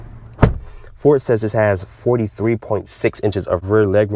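The rear passenger door of a 2022 Ford F-150 Raptor pickup truck's crew cab is shut, and a single sharp hit at 0.4 s marks the latch catching into the truck body. Then someone talks. The door latches closed.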